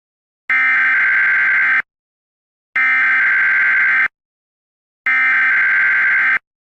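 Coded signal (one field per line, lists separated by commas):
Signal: Emergency Alert System (SAME) tones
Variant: header bursts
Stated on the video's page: Fictional EAS doomsday scenario about a lunar collision, with the alert made using EAS Builder software.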